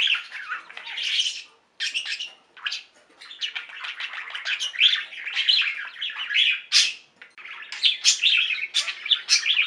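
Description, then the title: Budgerigar warbling continuously, mixing rapid high chirps, buzzy squeaks and rasping notes in an irregular tumbling flow. "Budgie Sounds"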